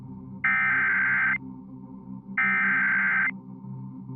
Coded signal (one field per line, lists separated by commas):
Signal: Emergency Alert System (SAME) tones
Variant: header bursts